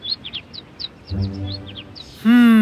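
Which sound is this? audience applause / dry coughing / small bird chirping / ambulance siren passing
small bird chirping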